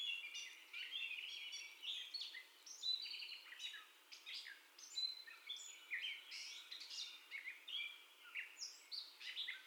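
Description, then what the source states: Gray catbird song of varied scratchy and clear whistled phrases, delivered in quick bursts separated by brief breaks. First song, recorded 30 May 2021 at 04:48.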